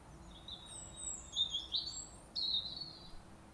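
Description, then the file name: European robin giving a short burst of high, thin, tinkling warbled notes against quiet background noise. "Erithacus rubecula"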